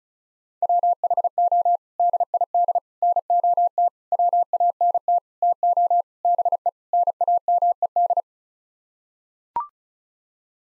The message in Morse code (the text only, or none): WHO DID NOT WANT TO BE NAMED